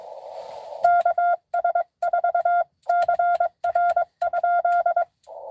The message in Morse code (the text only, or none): KS4CR?